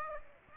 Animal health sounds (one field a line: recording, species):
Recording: mosquito wingbeat signal from an infrared sensor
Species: Aedes aegypti